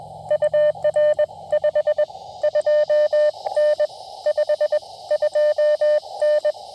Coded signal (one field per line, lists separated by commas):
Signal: Morse code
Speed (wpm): 18 wpm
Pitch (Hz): 590 Hz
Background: none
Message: UR 52N 52N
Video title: Tabletop Mast Mount and a new key - 20m late shift POTA